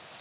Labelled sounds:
Black-throated Green Warbler flight call

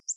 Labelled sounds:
Ovenbird flight call

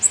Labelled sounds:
Blue-winged Warbler flight call

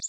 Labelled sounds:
Connecticut Warbler flight call

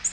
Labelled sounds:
Nashville Warbler flight call

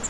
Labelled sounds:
Grace's Warbler flight call

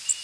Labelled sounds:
Blackburnian Warbler flight call

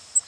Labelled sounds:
Cape May Warbler flight call

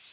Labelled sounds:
Yellow Warbler flight call

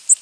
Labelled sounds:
Tennessee Warbler flight call

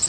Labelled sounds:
Bay-breasted Warbler flight call

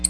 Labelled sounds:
Black-throated Blue Warbler flight call

